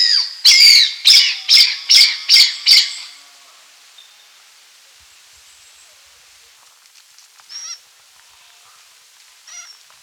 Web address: Blood Pheasant Calls